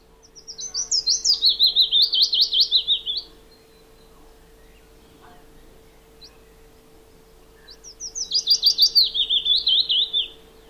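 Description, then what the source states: Willow Warbler song: sweet, clear phrase of rapid notes gently descending in pitch, about three seconds long, repeated after a pause of roughly four seconds, with a faint steady hum. Song played back: a clear, descending little phrase of sweet, melancholic sound.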